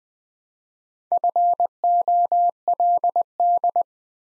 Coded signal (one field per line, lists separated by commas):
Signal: Morse code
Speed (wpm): 20 wpm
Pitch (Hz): 700 Hz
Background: none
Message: FOLD